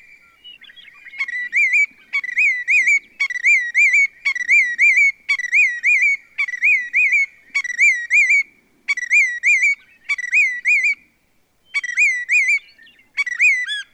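Willet giving a long series of loud phrases of clear, rising whistled notes, repeated roughly every second with short gaps between bouts.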